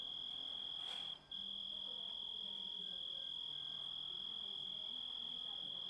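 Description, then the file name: Grasshopper trill, a quieter sustained high tone with one brief break, beside a soft hiss and faint low hum. Composite recording of grasshopper sounds. "engisprettur"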